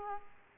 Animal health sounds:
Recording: mosquito wingbeat signal from an infrared sensor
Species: Aedes aegypti

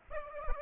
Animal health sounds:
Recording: mosquito wingbeat signal from an infrared sensor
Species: Aedes aegypti

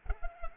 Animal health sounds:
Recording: mosquito wingbeat signal from an infrared sensor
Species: Culex pipiens

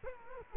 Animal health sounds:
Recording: mosquito wingbeat signal from an infrared sensor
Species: Culex quinquefasciatus

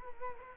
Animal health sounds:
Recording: mosquito wingbeat signal from an infrared sensor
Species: Culex quinquefasciatus

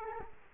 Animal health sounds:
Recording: mosquito wingbeat signal from an infrared sensor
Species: Culex quinquefasciatus

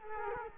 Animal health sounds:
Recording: mosquito wingbeat signal from an infrared sensor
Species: Culex quinquefasciatus

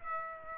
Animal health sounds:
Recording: mosquito wingbeat signal from an infrared sensor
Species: Aedes aegypti

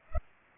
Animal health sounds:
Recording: mosquito wingbeat signal from an infrared sensor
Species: Culex pipiens

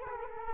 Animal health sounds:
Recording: mosquito wingbeat signal from an infrared sensor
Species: Culex quinquefasciatus

